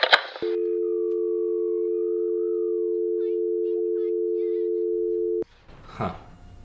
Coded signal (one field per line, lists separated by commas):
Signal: telephone call progress tone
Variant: North America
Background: speech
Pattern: dial tone